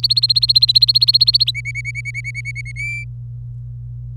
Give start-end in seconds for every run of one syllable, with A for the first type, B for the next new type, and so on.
0.03-1.51 A, 1.55-2.72 B, 2.76-3.04 C